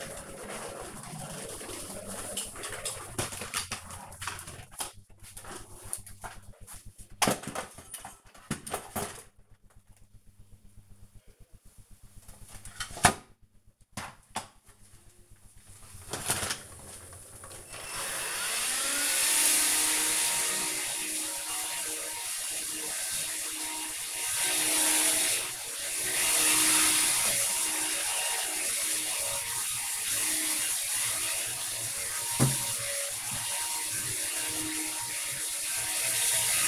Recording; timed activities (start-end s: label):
household activities, microphone on the right wrist
13.52-36.68 s: vacuum cleaning
30.65 s: note: voice?